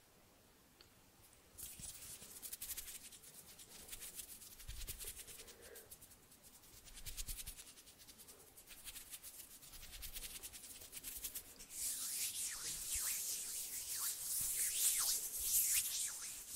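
Hands rub and flutter around the microphone in a dense, hissing rustle made of rapid, irregular brushing strokes. It starts quiet, swells in waves from about two seconds, and grows brightest and busiest after twelve seconds, with a few soft low thumps scattered through.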